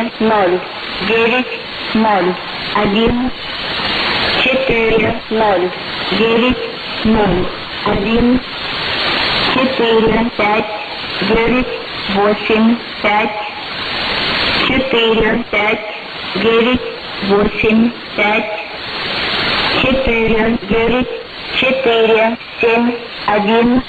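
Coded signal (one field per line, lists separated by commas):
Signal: numbers station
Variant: S06s, Russian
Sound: woman's voice reading short evenly spaced Russian number words through hiss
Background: radio static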